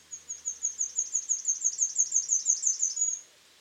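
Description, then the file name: Great tit giving a fast, even series of very high, thin repeated notes for about three seconds, steady in pitch, then quiet. "Parus major"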